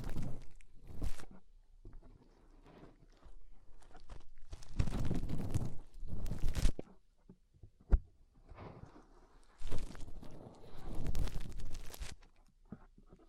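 Fingers rub and scrub inside an ear in uneven crackling bursts of a second or two, with brief quiet gaps and a sharp click near eight seconds.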